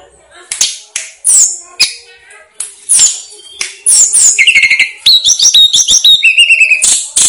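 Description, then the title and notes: Snowy-browed flycatcher song starting with spaced sharp notes, then a dense burst of high chips and a steady whistled trill toward the end. Master recording used for training cage birds. "Masteran Tledekan Gunung Sikatan Gunung. BURUNG TLEDEKAN"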